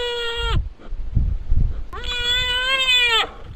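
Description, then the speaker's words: Goat bleats: two nasal calls with strong harmonics, the first short and level, the second longer and wavering, with soft rustling and thumps between. Herd of white goats roaming the deserted streets of Llandudno, Wales, during coronavirus lockdown; sound of them nibbling a hedge. "That's the sound of a mountain goat."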